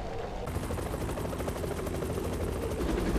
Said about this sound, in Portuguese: Um helicóptero de notícias. Estão atrapalhando a minha vista.